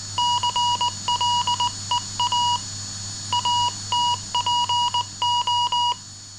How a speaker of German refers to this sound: Tatsächlich ist es anfangs nur ein Tackern und Tickern, Morsezeichen, ausgeschickt über Telegrafenleitungen. Für Befehle und Börsenkurse. 30 Worte pro Minute.